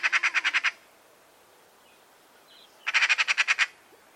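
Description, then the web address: Bird call: a rapid burst of about eight harsh, evenly spaced pulsed notes, then a pause of two seconds before a second identical burst. Call type labelled "Pi Pi Pi Pi" in a bird-only sound dataset. "Deverinetal 2025 File origin Bird Only"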